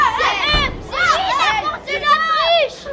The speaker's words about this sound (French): vous avez été conspué par la foule. Quoi? Vous avez été conspué. Je fais mon travail, c'est tout. C'est le public qui est pas bien.